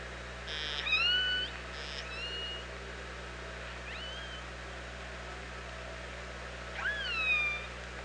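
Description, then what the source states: Orca calls: four harmonic calls, two close together at the start, a short upswept one midway and a rising-falling call near the end, over constant low hum. Recorded at OrcaLab on 24 August 2017, around 07:46.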